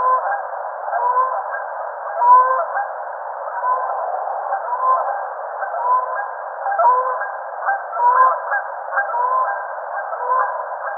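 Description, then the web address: Canada goose: many nasal honks and short slurred notes, some overlapping, repeated irregularly throughout, sounding thin and band-limited. Recorded 4 January 2007. "Canada Goose 2007 01 04"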